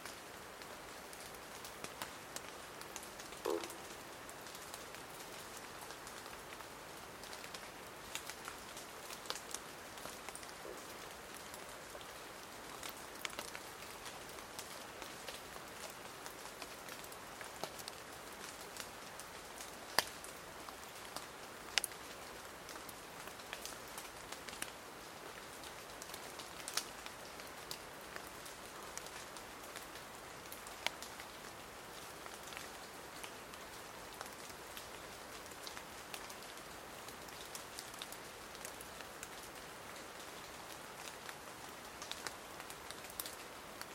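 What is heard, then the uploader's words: Cold rain falls steadily in a cloud forest, a dense, even patter that holds its level for the whole stretch. Sharper drops ticking on leaves stand out every second or so over the soft, hissing wash of rain. Cold rain in Madagascar's cloud forest. In the montane rainforests of Madagascar, wildlife tends to be quiet.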